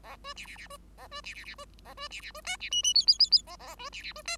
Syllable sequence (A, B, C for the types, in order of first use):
A B C C C B A B C C C B A B C C B D C E E F F F F A A B C C B D